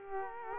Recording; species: mosquito wingbeat signal from an infrared sensor; Culex quinquefasciatus